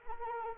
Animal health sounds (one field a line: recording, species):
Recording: mosquito wingbeat signal from an infrared sensor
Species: Anopheles arabiensis